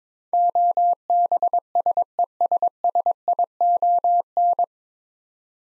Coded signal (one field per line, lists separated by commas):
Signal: Morse code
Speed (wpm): 22 wpm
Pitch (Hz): 700 Hz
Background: none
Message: OBSESSION